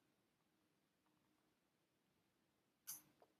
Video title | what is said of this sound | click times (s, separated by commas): How To Adjust Tension Screw Andis T outliner 220v 50hz | that that was the pop so | 2.9 s